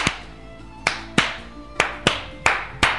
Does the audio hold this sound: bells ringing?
no